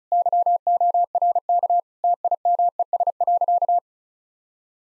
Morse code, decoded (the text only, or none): YORK TIMES.